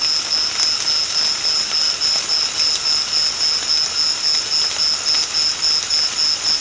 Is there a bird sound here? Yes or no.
no